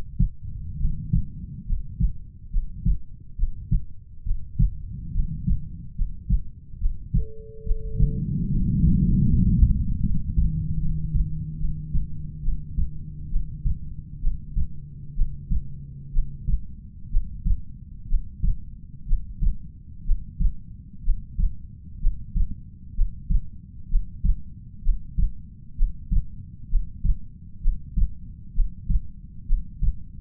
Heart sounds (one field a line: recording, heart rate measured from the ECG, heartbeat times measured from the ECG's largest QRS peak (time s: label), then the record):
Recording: heart sounds by stethoscope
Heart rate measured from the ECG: 67 bpm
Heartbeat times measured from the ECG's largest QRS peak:
0.78 s: heartbeat
1.66 s: heartbeat
2.50 s: heartbeat
3.36 s: heartbeat
4.23 s: heartbeat
5.12 s: heartbeat
5.95 s: heartbeat
6.78 s: heartbeat
7.64 s: heartbeat
8.49 s: heartbeat
9.28 s: heartbeat
10.03 s: heartbeat
10.79 s: heartbeat
11.58 s: heartbeat
12.42 s: heartbeat
13.30 s: heartbeat
14.21 s: heartbeat
15.15 s: heartbeat
16.12 s: heartbeat
17.10 s: heartbeat
18.08 s: heartbeat
19.06 s: heartbeat
20.04 s: heartbeat
21.03 s: heartbeat
22.00 s: heartbeat
22.94 s: heartbeat
23.88 s: heartbeat
24.82 s: heartbeat
25.76 s: heartbeat
26.68 s: heartbeat
27.61 s: heartbeat
28.53 s: heartbeat
29.46 s: heartbeat
From the record:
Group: healthy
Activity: rest 0-4 s, Valsalva maneuver 4-30 s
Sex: female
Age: 22 years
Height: 160 cm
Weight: 45 kg